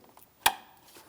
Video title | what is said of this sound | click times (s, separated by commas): How to Replace Radiator Fan Control Module 2007-2014 Ford Edge 3.5L | Audible click, and it's secure. | 0.5 s